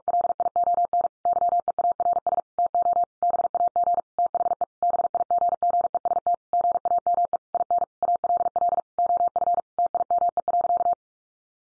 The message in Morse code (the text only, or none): LION YEARS TO BAG THE BIGGEST GAME IN ALL OF TIME.